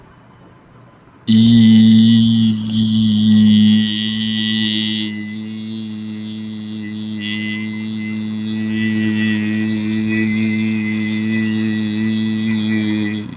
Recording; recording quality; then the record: sustained vowel as in beet; excellent, no background noise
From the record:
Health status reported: recovered from COVID-19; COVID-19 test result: positive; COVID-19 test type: RT-PCR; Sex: male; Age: 22 years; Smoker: no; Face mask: not worn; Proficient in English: yes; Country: India